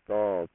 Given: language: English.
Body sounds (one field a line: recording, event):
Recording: throat vibration sensor signal played as sound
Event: speech